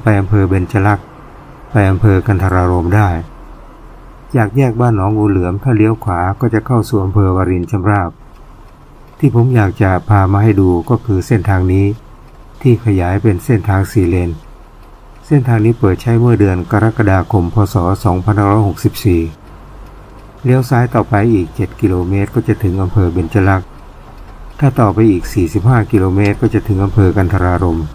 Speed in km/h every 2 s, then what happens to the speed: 67, 63, 62, 61, 49, 40, 37, 30, 28, 24, 22, 22, 25, 37.
0-19 slows to 22. 19-28 speeds up to 37.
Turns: 17-24.